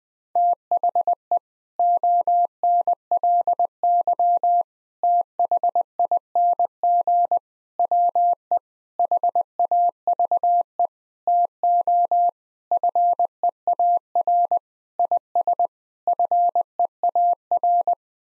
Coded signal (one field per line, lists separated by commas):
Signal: Morse code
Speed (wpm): 21 wpm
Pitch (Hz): 700 Hz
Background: none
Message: THE ONLY THING WE HAVE TO FEAR IS FEAR